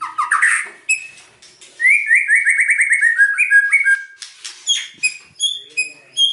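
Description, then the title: White-rumped shama song: varied opening notes, then a fast series of repeated notes falling slightly in pitch, and bright high whistled notes separated by short pauses. Lure song (pancingan) meant to provoke an immediate response from other birds; bird described as gacor, singing actively and often. "PANCINGAN MURAI BATU GACORSEKALI DENGAR AMPUH LANGSUNG RESPON"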